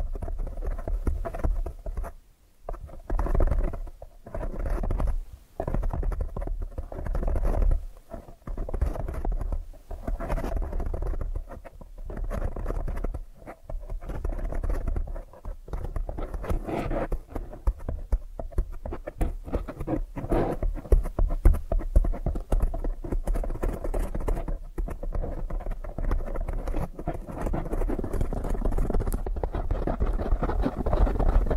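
Tapping triggers in a steady run of quick, dry taps and soft patters, with short pauses in the first half. The taps grow denser and more continuous after about fifteen seconds, with a low rumbling underneath throughout.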